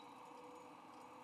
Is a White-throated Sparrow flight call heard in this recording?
no